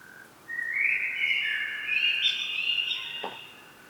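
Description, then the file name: Common blackbird pours out one long continuous fluted warble lasting about three seconds, ending in higher squeaky notes. "Turdus merula"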